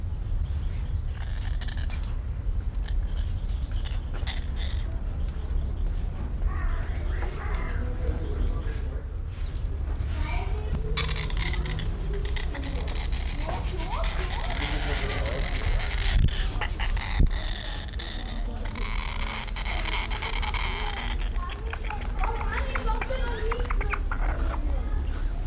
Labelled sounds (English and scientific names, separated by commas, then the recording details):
Rhinoceros Hornbill (Buceros rhinoceros)
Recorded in captivity
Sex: pair
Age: adult
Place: Zoo Berlin, Berlin, DE
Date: 1994-07-16 11:42
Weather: sonnig, 22-26°C
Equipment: Marantz CP 430, Sennheiser ME 80, Kopie Uher Variocord 263
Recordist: Tembrock, Günter